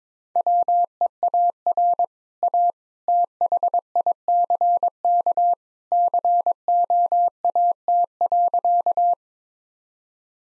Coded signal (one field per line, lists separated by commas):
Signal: Morse code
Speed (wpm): 22 wpm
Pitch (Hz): 700 Hz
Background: none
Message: WEAR A THICK COAT.